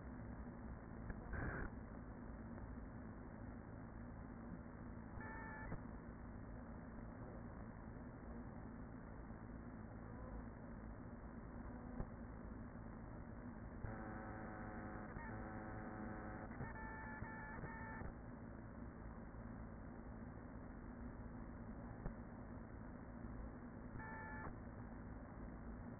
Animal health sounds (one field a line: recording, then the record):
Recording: honeybee colony, microphone inside the hive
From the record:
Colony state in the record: queen present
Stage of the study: after two queens were removed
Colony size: about 40,000 bees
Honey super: no